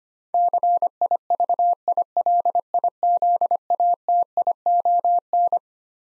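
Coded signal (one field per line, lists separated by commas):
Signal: Morse code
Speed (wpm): 25 wpm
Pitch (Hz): 700 Hz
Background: none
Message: CIVILIZATION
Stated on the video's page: Morse head-copy drill of twelve-letter words at 25 wpm; each word sent, spoken, then sent again.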